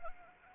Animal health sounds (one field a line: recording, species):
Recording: mosquito wingbeat signal from an infrared sensor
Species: Anopheles arabiensis